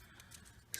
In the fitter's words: everything should just snap